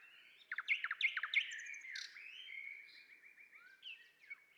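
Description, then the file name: Common nightingale song, sharp downslurred notes repeated quickly, then a rolling warble and softer phrases. "Luscinia megarhynchos"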